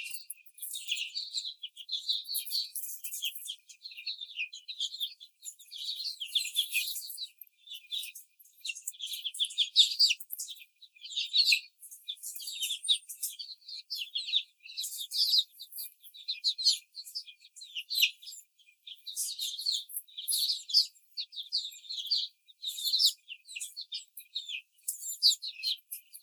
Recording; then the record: young laying hens in a cage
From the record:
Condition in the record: after the stressor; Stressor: simulated dog barking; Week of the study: 4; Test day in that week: 2